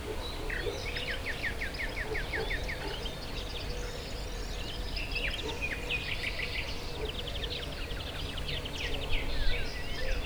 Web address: hanggyujtemeny kisvasut hortobagyihalastavak 2014 termeszet sokszinumadarvilag belsovegallomas